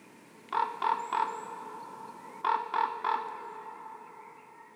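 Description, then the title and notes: Common Raven calling: two groups of three harmonic croaks separated by a short pause, over faint background hiss. Raven 'futile calling' recorded at Kyjov near Krásná Lípa, Děčín district, Czechia, for the Spalená krajina exhibition in Nová Perla. "Kyjov, Kyjov u Krásné Lípy, Krásná Lípa, okres Děčín, Ústí nad Labem Region, Northwest, 407 47, Czechia - Krkavec marné volání. hlas krkavce a kavek pro expozici Spalená krajina v Nové Perle"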